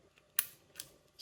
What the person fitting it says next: snaps right in